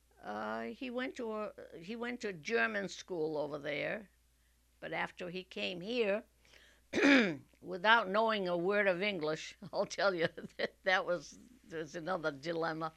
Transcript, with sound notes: Uh, he went to a, he went to a German school over there, but after he came here... ( she clears her throat ) Without knowing a word of English, I'll tell you, that was another dilemma,